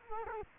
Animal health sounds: mosquito wingbeat signal from an infrared sensor; Culex quinquefasciatus

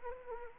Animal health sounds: mosquito wingbeat signal from an infrared sensor; Anopheles arabiensis

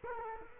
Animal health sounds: mosquito wingbeat signal from an infrared sensor; Culex quinquefasciatus

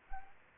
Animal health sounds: mosquito wingbeat signal from an infrared sensor; Anopheles arabiensis

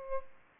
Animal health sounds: mosquito wingbeat signal from an infrared sensor; Aedes aegypti

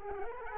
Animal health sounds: mosquito wingbeat signal from an infrared sensor; Aedes aegypti

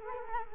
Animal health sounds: mosquito wingbeat signal from an infrared sensor; Culex quinquefasciatus

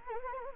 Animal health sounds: mosquito wingbeat signal from an infrared sensor; Anopheles gambiae

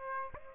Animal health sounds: mosquito wingbeat signal from an infrared sensor; Aedes aegypti

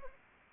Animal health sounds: mosquito wingbeat signal from an infrared sensor; Anopheles arabiensis

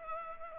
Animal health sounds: mosquito wingbeat signal from an infrared sensor; Culex pipiens

